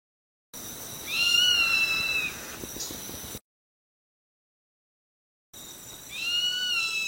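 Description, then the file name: Zone-tailed hawk: one long whistled scream, then silence and the start of a second cry, over faint hiss. "Canto do gaviao urubu"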